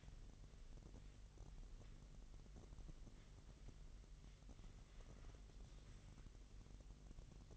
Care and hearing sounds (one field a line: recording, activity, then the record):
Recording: daily activity, microphone in the room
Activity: wipe stove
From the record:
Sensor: 4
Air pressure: 1001.7 hPa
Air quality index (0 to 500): 247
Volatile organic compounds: 40 ppm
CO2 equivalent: 3146 ppm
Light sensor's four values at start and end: 8/19/7/7 and 8/19/7/7